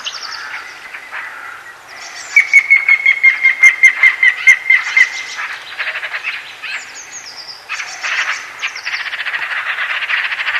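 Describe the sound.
White-tailed eagle yelping call, a fast run of sharp, even notes lasting about three seconds, with harsher chattering calls before and after.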